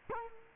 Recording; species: mosquito wingbeat signal from an infrared sensor; Culex quinquefasciatus